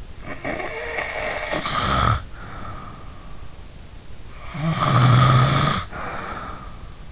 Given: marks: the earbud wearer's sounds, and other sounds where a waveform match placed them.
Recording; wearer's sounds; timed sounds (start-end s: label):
sounds in sleep by an in-ear microphone; snoring breath
0.11-3.41 s: snoring breath
4.27-6.94 s: snoring breath